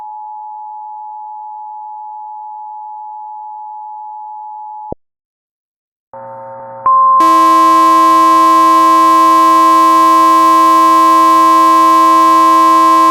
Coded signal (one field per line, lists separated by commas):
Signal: Emergency Alert System (SAME) tones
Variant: 853 and 960 Hz attention tone